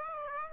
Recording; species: mosquito wingbeat signal from an infrared sensor; Aedes aegypti